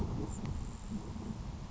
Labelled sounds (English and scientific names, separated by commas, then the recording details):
Grasshopper Sparrow (Ammodramus savannarum)
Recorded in Sonoma County, California